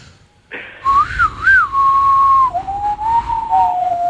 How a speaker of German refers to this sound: Und was sehen wir da? Einen zauberhaften Bahnhof. Und dann stehen drei bärtige Kerle rum. Und was pfeifen sie für ein Lied?